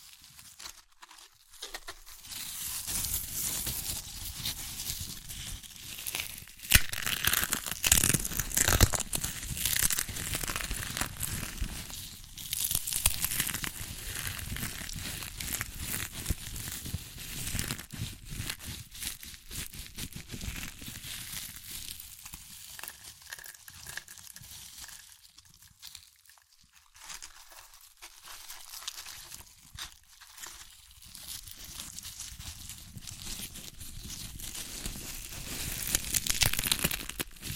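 Crunchy chips being crushed and eaten, a dense stream of sharp crackling and crinkling that runs nearly the whole time. The crunching is busiest and loudest in the first half, thins out with brief quieter gaps around 25 to 30 seconds, then picks up again near the end.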